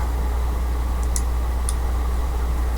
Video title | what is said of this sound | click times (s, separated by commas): Building #funwhole Western Stagecoach #buildingblocks set- TayRayGun Twitch Live- July 29, 2025 | Who likes that? I love that snap sound that you get. | 1.2 s, 1.7 s